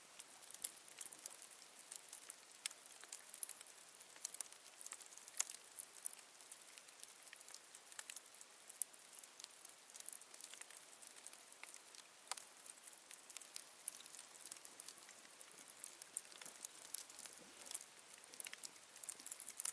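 Fire crackles steadily with dense, sharp, bright pops scattered irregularly throughout, over a soft hiss and almost no low rumble.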